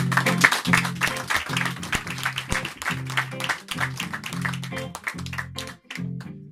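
A concert audience applauds steadily, a dense crackle of many hands clapping at once, while music with a pulsing low chordal line plays underneath throughout.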